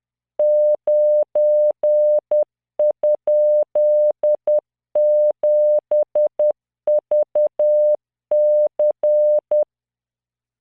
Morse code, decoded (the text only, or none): 9?7VC